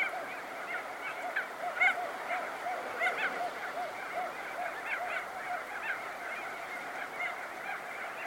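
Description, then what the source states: A crested auklet chorus of constant nasal honks and trumpeting notes. Louder bursts come near two and three seconds, and many birds call together throughout. Close-up recording.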